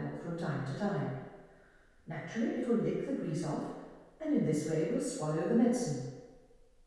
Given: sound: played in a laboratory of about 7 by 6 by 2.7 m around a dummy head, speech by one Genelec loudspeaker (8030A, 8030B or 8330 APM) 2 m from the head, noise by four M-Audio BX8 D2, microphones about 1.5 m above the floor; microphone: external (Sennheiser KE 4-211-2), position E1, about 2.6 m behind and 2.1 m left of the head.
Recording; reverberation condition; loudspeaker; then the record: female speech in English; high; 150 degrees to the right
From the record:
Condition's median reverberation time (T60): about 1300 ms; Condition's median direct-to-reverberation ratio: about -4.0 dB